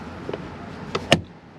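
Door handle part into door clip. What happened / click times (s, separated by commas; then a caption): The handle part snapped into its clip / 1.1 s. A door handle part for a Nissan Rogue front door is pushed into its door clip. Over a low background hum there are small taps at about 0.3 s and 1.0 s, then a sharp, loud snap at 1.1 s as the handle part seats in the clip.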